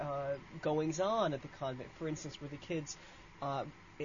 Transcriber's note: none